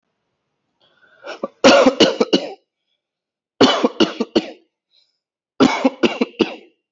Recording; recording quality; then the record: shallow voluntary cough; excellent, no background noise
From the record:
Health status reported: healthy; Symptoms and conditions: none ticked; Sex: male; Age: 30 years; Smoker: yes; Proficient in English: yes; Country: India